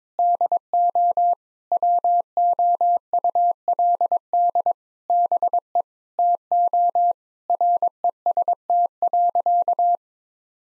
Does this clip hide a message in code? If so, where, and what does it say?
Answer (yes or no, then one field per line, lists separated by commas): yes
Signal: Morse code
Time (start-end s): 0.2-10.0 s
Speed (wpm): 22 wpm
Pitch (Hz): 700 Hz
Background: none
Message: DO WOULD BE TO REST.